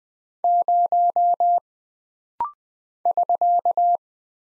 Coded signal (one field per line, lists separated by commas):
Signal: Morse code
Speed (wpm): 20 wpm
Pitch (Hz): 700 Hz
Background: none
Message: 0 <SK>